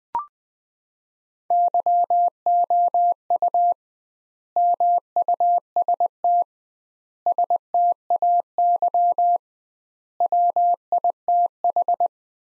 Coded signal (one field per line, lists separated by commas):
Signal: Morse code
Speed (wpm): 20 wpm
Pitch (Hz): 700 Hz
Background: none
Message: YOU MUST STAY WITH